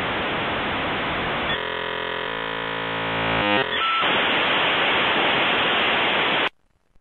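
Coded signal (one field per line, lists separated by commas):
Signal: dial-up modem handshake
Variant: V.90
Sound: loud full-band hiss, a chord of steady tones, short warble, then hiss again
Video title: V.90 Dial-up Modem Handshake - Transactional Analysis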